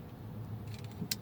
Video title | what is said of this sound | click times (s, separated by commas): OLD SCHOOL ][ Transformers WFC: Siege Voyager Classic Animation Optimus Prime | soft tab in there I think there's some tabs and support yeah there we go they do click into place and | 1.1 s